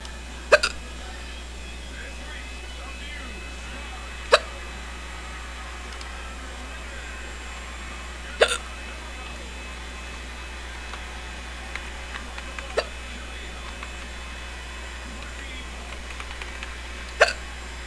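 Five sharp, brief hiccup bursts from an adult, about every four seconds, roughly 15 a minute, over a steady low hum.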